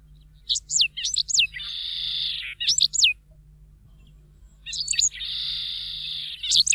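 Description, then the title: Correndera pipit song: quick sharp downslurred chips followed by a long buzzy note, then more chips, the sequence repeating after a short pause. "Museo de Ciencias de Bahía Blanca - PdA - Cachirla"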